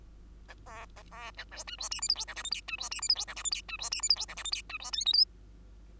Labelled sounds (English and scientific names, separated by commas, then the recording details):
Bengalese Finch (Lonchura striata domestica) song
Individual Bird2